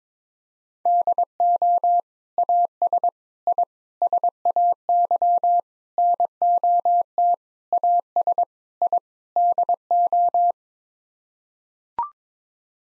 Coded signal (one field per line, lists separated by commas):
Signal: Morse code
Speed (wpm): 22 wpm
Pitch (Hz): 700 Hz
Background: none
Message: DO AS I SAY NOT AS I DO